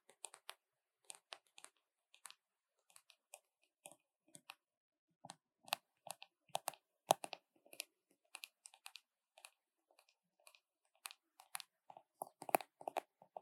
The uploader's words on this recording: ASMR 美妝用品敲擊聲 | Makeup Tapping | NO Talking.